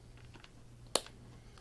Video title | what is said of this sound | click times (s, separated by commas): CNT140 Online Work Area Outlet Lab 1 Termination | and that snapped right in that's it there's terminating our outlet | 1.0 s